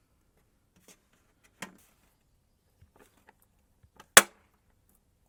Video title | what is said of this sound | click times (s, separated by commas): SKODA FABIA ELECTRIC FRONT WINDOW REGULATOR and CARRIER Fitting Mk1 99-07 | see might have damaged some there just seems to have clicked in place with the gears | 4.2 s